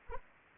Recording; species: mosquito wingbeat signal from an infrared sensor; Anopheles arabiensis